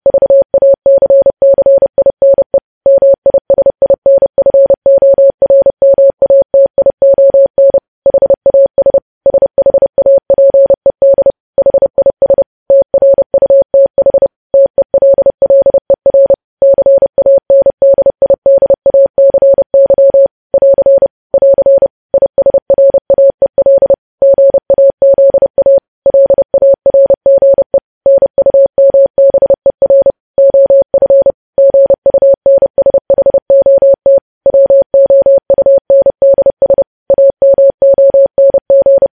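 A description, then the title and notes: A steady mid-pitched tone keys on and off in Morse code, short and long beeps with brief gaps, continuing evenly throughout. Morse code.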